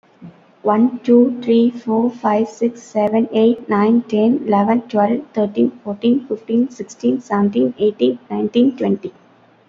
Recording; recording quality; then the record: counting at a normal pace; excellent, no background noise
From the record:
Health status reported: COVID-19 positive, mild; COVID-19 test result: positive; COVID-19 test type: RT-PCR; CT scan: not taken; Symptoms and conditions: cough, sore throat, fever, muscle pain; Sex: female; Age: 35 years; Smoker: no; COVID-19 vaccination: both doses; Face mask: worn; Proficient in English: yes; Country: India